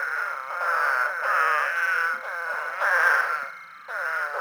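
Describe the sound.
Eastern spadefoot groaning calls, nasal and moaning, overlapping in a steady chorus with swells of louder calls around one and three seconds.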